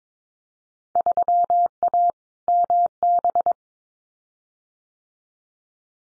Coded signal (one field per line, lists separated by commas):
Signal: Morse code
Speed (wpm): 22 wpm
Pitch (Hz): 700 Hz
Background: none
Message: 3A MB